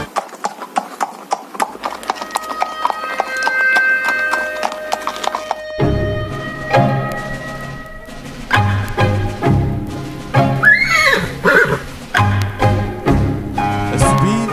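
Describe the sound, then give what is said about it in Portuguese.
A horse trots with a steady, rhythmic clip-clop of hooves throughout, and partway through it lets out a high, wavering whinny over the hoofbeats. “Alugue ou compre um destes mamíferos quadrúpedes da família dos equídeos e a trote lento ou acelerado dirija-se para o Texas, onde os impostos não o perseguem.”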